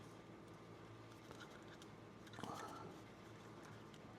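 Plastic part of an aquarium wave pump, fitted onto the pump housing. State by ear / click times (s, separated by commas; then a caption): not seated / none. A plastic part of a replacement aquarium wave pump is lined up on its notch and pressed onto the pump housing during reassembly. Faint handling taps come at about 1.3 s and 1.8 s, a longer pressing scrape near 2.4 s, and a soft tap near 3.9 s. The part has not clicked into place yet.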